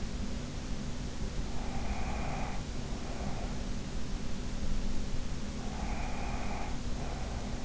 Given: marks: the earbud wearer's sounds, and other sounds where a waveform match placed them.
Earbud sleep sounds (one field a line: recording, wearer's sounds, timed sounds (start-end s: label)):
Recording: sounds in sleep by an in-ear microphone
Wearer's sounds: breath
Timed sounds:
1.55-3.72 s: breath
5.54-7.65 s: breath